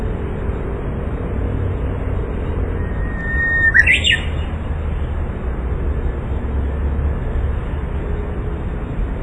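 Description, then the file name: Japanese bush warbler singing a drawn-out whistle that ends in a sharp, quick flourish, with steady low rumble throughout. "uguisu"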